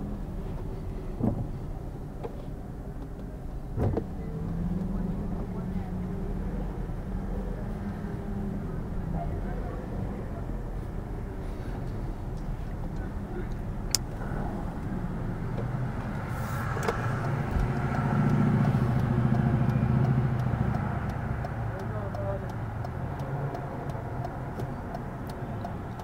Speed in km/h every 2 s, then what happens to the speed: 6, 5, 10, 10, 11, 11, 11, 6, 2, 0, 0, 0, 0.
0-12 steady at about 10. 12-16 slows to 2. 16-26 standing.